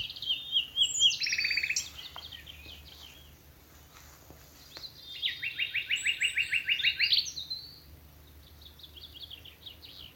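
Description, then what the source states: Common nightingale song with varied whistled phrases, then a quick run of repeated staccato notes and rising whistles after a quiet gap. Several nightingales singing in the evening as dew falls, from thickets in a wood at Alners Gorse nature reserve, Dorset, run by Butterfly Conservation.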